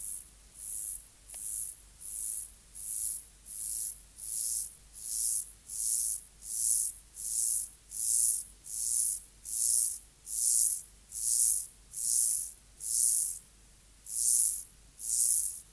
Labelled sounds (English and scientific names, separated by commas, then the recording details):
Mottled Grasshopper (Myrmeleotettix maculatus) stridulation
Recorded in the wild
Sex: male
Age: imago
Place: Mühlenbecker Land, OT Zühlsdorf, Briesetal, Brandenburg, DE
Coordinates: 52.7333, 13.3833
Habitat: pine stand
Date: 1983-08-27 17:50
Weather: sunny, 23°C
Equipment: Nagra SN (Automatic), Sennheiser MKH 416 T, Kopie Uher 4000 Report Monitor
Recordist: Tembrock, Günter
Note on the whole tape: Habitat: Kiefernheide bei Zühlsdorf, xerotherm. Mehrere Strophen, darunter eine extrem lange